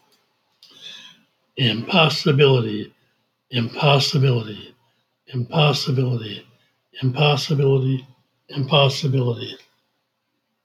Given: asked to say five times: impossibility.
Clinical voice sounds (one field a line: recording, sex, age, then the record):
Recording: repeated word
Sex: male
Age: 70 to 79 years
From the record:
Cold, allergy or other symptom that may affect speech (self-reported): no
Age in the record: 71 years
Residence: Minnesota, United States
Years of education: 16